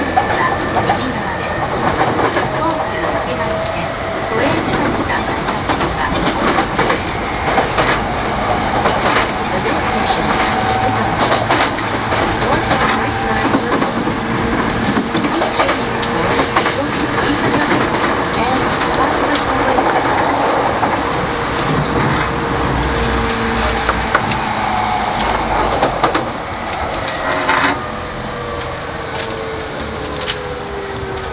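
An E231 Yamanote Line train runs steadily with constant rumble, rattling clacks and whining tones, voices mixed in, and a brief squeal near the end.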